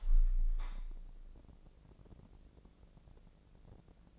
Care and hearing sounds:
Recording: daily activity, microphone in the room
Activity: open window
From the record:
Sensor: 5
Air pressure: 1012.4 hPa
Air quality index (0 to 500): 158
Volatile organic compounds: 2 ppm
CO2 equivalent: 1073 ppm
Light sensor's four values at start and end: 111/266/113/125 and 111/266/113/125

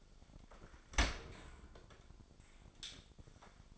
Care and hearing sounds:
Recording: daily activity, microphone in the room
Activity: open dishwasher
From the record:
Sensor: 5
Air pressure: 1006.9 hPa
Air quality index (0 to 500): 183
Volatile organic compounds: 5 ppm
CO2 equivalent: 1751 ppm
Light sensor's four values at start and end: 53/148/58/58 and 53/147/58/58

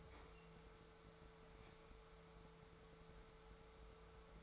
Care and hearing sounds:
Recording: daily activity, microphone in the room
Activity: open fridge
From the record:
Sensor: 3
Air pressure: 1014.9 hPa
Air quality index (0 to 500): 200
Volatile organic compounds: 28 ppm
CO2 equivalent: 2917 ppm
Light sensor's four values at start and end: 29/72/30/32 and 19/47/19/20

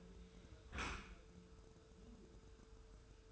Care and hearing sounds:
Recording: daily activity, microphone in the room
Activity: close dishwasher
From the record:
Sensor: 2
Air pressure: 1014.8 hPa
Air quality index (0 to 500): 25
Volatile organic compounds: 0 ppm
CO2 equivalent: 501 ppm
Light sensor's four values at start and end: 9/22/9/9 and 9/22/9/9

